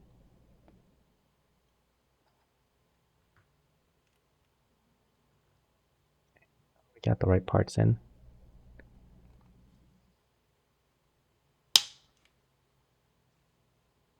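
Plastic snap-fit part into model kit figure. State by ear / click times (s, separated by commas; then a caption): seated / 11.8 s. Someone talks briefly while fitting the correct plastic snap-fit part into a Blokees Transformers Ratchet model kit figure. At 11.8 seconds a very loud, sharp snap rings out as the part seats and clicks in.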